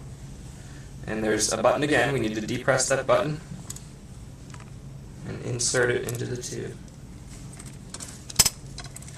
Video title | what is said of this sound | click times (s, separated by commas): How to assemble a Graco Lovin' Hug® Infant Swing | we go and it clicks again | 8.4 s